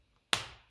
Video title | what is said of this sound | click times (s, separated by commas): 1953 Ferguson 20 Diesel Lucas Starter | there's a click that we want to hear anyway | 0.3 s